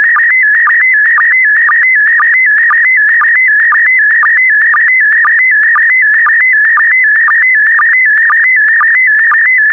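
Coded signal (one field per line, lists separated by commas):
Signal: SSTV (slow-scan television)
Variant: PD120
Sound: steady warbling high tone shifting in steps, clicking low blip about twice a second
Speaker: Five, four, three, two, one. Transmission complete. You can now check your decoded image against the picture that is shown on the video.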